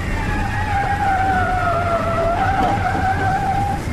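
Bus tires skid with a long, loud, high-pitched screech that holds steady and wavers slightly in pitch for several seconds over a low, rumbling engine roar.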